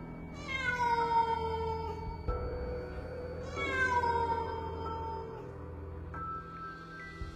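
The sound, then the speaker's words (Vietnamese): A black stray cat lets out two long, drawn-out meows, each sliding downward in pitch, followed by a shorter, fainter cry at the end, with a low steady hum underneath. “Nó há cái miệng đỏ lòm lòm, kêu lên mấy tiếng.”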